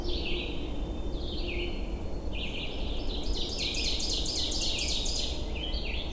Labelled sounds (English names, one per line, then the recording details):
Ovenbird song
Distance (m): 30 m
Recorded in boreal forest in Alberta, Canada, on 22 June 2016 at 07:22
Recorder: SongMeter 3, array SBT-6-76
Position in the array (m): 31 m, 84 m
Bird 2